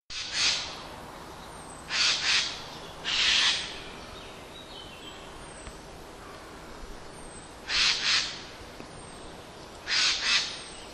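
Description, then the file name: Eurasian magpie giving several harsh, rasping chatter bursts, single and double, spaced irregularly. "straka obecna"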